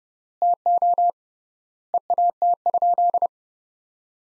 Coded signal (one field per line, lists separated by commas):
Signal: Morse code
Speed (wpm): 30 wpm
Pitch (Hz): 700 Hz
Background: none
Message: TO EAT?